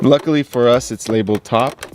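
Someone talks while a round plastic AC vent, labeled top, is handled at the dashboard vent opening of a 2018–2021 Jeep JL/JT, about to be pushed in and rotated to lock. Nothing has seated or clicked yet.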